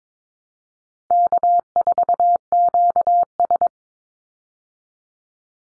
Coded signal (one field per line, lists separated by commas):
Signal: Morse code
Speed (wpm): 22 wpm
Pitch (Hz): 700 Hz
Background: none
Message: K4QS